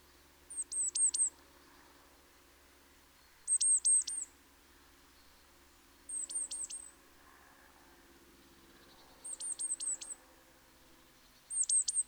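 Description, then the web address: Great tit gives repeated bursts of several high, thin falling notes every few seconds over faint background noise. "SETE Parus major"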